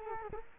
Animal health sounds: mosquito wingbeat signal from an infrared sensor; Culex quinquefasciatus

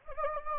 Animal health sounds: mosquito wingbeat signal from an infrared sensor; Anopheles gambiae

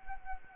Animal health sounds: mosquito wingbeat signal from an infrared sensor; Anopheles arabiensis

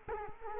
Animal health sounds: mosquito wingbeat signal from an infrared sensor; Culex quinquefasciatus

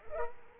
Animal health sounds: mosquito wingbeat signal from an infrared sensor; Culex quinquefasciatus

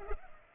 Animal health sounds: mosquito wingbeat signal from an infrared sensor; Culex pipiens

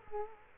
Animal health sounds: mosquito wingbeat signal from an infrared sensor; Culex quinquefasciatus

